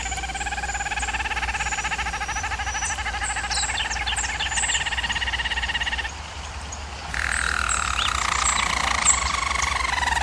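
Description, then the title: German Roller canary song as a layered rolling trill lasting several seconds, a brief drop in volume, then a louder, falling roll continuing to the end. German Roller canary singing; recording made for canary song training. "German Roller Canary Singing - Canary Training Vid"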